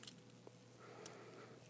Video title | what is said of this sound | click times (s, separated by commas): Kamen Rider Gaim - Arms Change Series AC-11 KACHIDOKI ARMS w/Gaim | make sure all locks into place there just like that helmet goes on | 0.0 s, 0.3 s